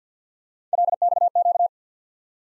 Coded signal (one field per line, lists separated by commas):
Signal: Morse code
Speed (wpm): 50 wpm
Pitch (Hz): 700 Hz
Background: none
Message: LXQ